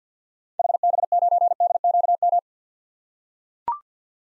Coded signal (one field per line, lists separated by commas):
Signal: Morse code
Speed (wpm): 45 wpm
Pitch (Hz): 700 Hz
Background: none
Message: HB9DQM